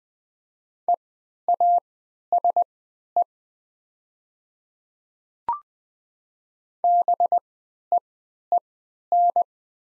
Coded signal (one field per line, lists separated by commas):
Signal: Morse code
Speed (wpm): 20 wpm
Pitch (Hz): 700 Hz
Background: none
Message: EASE BEEN